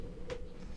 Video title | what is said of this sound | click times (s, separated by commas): Upgrading A Lenovo Legion 90NUZ58DUS | that clicking sound you hear is the sata and power ports plugging in | 0.3 s